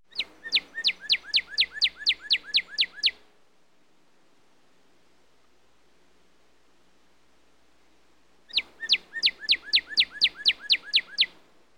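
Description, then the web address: Northern cardinal singing two bursts of about a dozen quick, clear, downward-sweeping whistled notes each, with several seconds of quiet between the phrases. "bird cardinal song animal"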